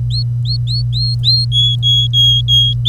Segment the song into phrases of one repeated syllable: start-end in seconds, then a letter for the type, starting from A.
0.10-1.45 A, 1.52-2.73 B